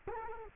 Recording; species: mosquito wingbeat signal from an infrared sensor; Culex quinquefasciatus